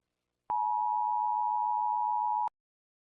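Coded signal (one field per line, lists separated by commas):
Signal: Emergency Alert System (SAME) tones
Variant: 853 and 960 Hz attention tone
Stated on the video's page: Fictional EAS scenario.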